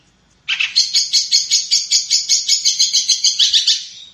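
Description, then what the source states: Long-tailed shrike giving a fast, buzzy string of high, rasping notes, pulsing rapidly for several seconds. Combination song.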